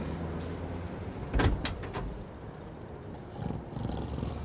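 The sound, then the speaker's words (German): A delivery van door is opened: a solid clunk of the latch followed by a couple of quick clicks, then a softer rolling scrape, all over a steady low background rumble. “öffnete dann die Tür seines Lieferwagens.”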